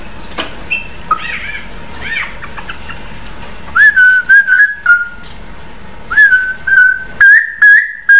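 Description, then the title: Oriental magpie-robin song: soft scratchy notes at first, then loud rich whistled phrases with quick chip accents, repeated in bursts. "Kicau Kacer"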